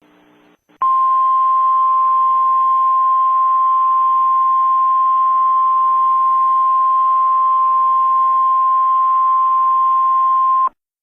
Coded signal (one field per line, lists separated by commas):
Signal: Emergency Alert System (SAME) tones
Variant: 1050 Hz attention tone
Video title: EAS 3